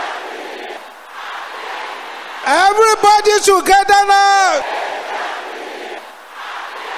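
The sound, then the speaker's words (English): At a prayer service, the women of the audience shout loudly in unison for about two seconds, a sustained collective yell with rhythmic pulses, preceded and followed by a single voice speaking over a murmuring background. “I want the sisters to shout it louder than that.”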